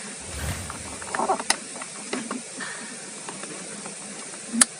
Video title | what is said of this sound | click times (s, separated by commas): TUTORIAL CARA SETEL REM PARKIR ( HAND BRAKE ) TOYOTA AVANZA ▶️ ANTI GLOSOR DI TANJAKAN | Sampai bunyi klik, berarti dia standarnya sudah pas. | 4.6 s